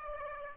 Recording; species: mosquito wingbeat signal from an infrared sensor; Aedes aegypti